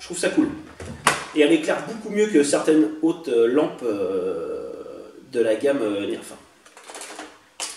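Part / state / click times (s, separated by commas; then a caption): plastic light accessory onto toy blaster / seated / 7.6 s. Someone talks while a plastic light accessory is brought to a Nerf Zombie Strike Scravenger foam-dart blaster. A sharp click at 7.6 s marks the accessory clipping onto the blaster's rail, and it is seated.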